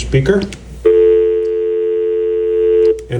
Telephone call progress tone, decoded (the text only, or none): dial tone